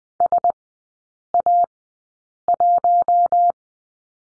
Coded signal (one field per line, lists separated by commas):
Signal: Morse code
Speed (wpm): 20 wpm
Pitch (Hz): 700 Hz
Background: none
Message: SA1